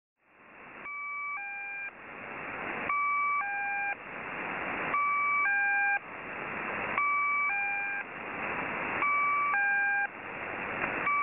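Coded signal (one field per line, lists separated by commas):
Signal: channel marker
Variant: Squeaky Wheel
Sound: repeating two-part tone chords alternating with bursts of hissing noise, about five cycles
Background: radio static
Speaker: The tone has changed, and there has to be a reason why.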